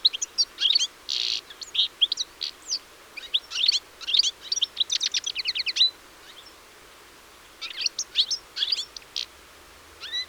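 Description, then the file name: European Goldfinch twittering almost continuously in quick, liquid, chirpy bursts, with one brief lull before the twitter resumes. "Carduelis carduelis"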